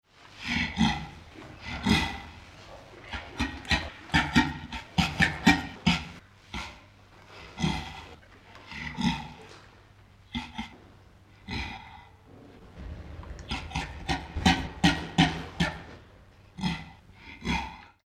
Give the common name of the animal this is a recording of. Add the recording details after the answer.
Western Gorilla. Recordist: Tembrock, Günter. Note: Rufe eines Weibchens